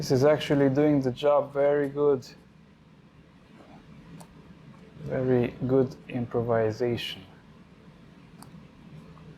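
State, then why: Not seated. Someone talks while turning a small screw in the front element assembly of a Tokina AT-X Pro 28-70mm f2.8 zoom lens with an improvised tool, removing the front element for fungus cleaning. Faint, sharp ticks are heard around 4.2 s, 8.4 s and 9.2 s. The tool does not catch the screw, and nothing has seated or clicked yet.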